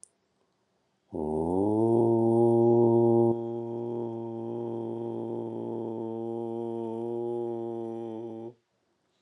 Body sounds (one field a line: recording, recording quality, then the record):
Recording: sustained vowel as in boot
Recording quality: excellent, no background noise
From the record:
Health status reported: healthy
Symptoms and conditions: diabetes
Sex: male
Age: 45 years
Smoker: not ticked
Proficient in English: yes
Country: India